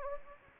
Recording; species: mosquito wingbeat signal from an infrared sensor; Anopheles gambiae